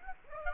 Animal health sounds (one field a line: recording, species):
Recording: mosquito wingbeat signal from an infrared sensor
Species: Aedes aegypti